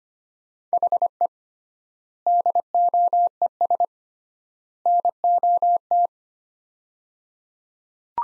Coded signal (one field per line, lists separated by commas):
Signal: Morse code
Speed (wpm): 25 wpm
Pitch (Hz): 700 Hz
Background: none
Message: HE DOES NOT